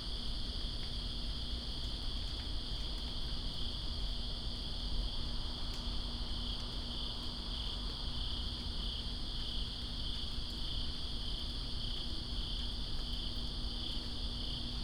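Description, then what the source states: Crickets chirp in a steady, continuous high chorus over the constant low patter and hiss of rain. Crickets recorded in rain, Greensboro, 2 September 2017.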